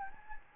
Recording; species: mosquito wingbeat signal from an infrared sensor; Anopheles gambiae